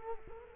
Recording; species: mosquito wingbeat signal from an infrared sensor; Culex quinquefasciatus